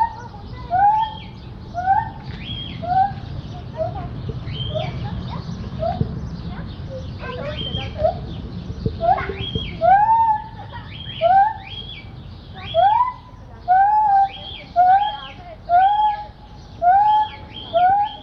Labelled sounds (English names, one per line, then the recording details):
Lar Gibbon
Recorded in captivity
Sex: male
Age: adult
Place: Mundenhof, Baden-Württemberg, DE
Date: 1985-06-14 11:31
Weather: schwach sonnig, 18 °C
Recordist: Tembrock, Günter